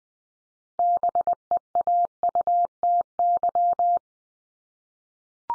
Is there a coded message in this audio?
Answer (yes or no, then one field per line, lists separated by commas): yes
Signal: Morse code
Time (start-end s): 0.8-4.0 s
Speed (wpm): 19 wpm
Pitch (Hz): 700 Hz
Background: none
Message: BEAUTY